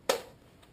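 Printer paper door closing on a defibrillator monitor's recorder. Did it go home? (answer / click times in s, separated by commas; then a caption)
yes / 0.1 s, 0.6 s. After a thermal paper roll is loaded onto the spindle, the plastic printer paper flap on a Zoll defibrillator/monitor's recorder is closed. A sharp, loud click comes at 0.1 s and a much fainter second click at 0.6 s. The door is latched with a dual click.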